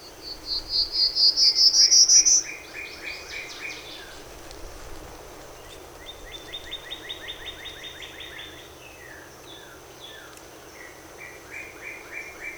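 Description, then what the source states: Prairie warbler singing a loud ascending run of buzzy notes over two seconds, followed by fainter trills and repeated chips from other songbirds. Recorded 14 April 2018.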